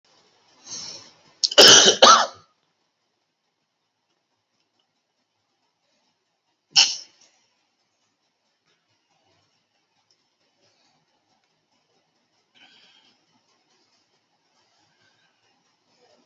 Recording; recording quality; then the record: deep breathing; poor, much background noise or distortion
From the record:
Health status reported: COVID-19 positive, mild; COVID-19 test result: positive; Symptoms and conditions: cough, cold, fever, hypertension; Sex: male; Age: 42 years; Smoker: not ticked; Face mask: not worn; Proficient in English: yes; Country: India